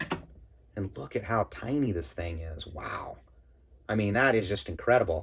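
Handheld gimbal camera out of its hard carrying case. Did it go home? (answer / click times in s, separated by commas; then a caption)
released / 0.0 s, 0.1 s. A DJI Pocket 2 handheld gimbal camera is pulled out of the molded slot of its hardback carrying case, releasing with two quick hits at 0.0 s and 0.1 s. Someone then talks for the rest of the clip.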